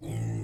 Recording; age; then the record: pig call; weaner (32 to 43 days)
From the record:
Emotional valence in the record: negative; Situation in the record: negative conditioning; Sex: female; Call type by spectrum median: low-frequency call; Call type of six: low-frequency stable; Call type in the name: low-frequency stable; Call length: 0.44 s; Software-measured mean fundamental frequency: 54 Hz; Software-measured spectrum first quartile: 114 Hz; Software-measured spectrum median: 182 Hz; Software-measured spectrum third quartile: 591 Hz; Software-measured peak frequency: 133 Hz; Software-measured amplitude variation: 106 dB a second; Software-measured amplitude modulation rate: 37.6 a second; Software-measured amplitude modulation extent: 2.8 dB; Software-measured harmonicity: 10.5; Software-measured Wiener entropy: -0.95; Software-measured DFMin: 937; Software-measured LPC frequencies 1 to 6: 1997, 3210, 3917, 4969, 6548, 7234 Hz